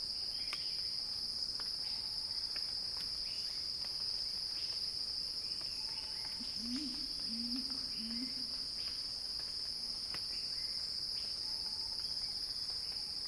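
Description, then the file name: Cicada song forming a constant high-pitched buzzing whine, overlaid by sparse faint whistles and a brief low warbling call near the middle. Cicada song described as a crescendo. "earth-fm Axel-Drioli Cicada-Crescendo-Sounding-Wild"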